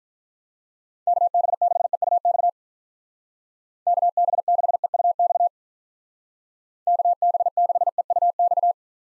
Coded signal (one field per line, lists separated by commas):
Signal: Morse code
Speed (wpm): 47 wpm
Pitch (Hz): 700 Hz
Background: none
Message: KB6EUX KB6EUX KB6EUX